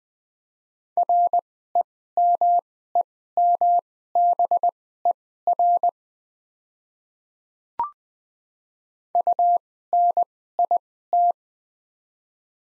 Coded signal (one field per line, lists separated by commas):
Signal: Morse code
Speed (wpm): 20 wpm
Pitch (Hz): 700 Hz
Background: none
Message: REMEMBER UNIT